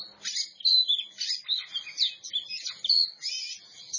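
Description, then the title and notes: Oriental magpie-robin delivering a brisk run of high piercing whistles and buzzy notes, several clear flat whistles standing out. Champion singing bird. "Kicau Burung Kacer Juara. Suara Kicauan Burung Kacer Juara"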